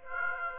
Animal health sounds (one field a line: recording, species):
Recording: mosquito wingbeat signal from an infrared sensor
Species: Aedes aegypti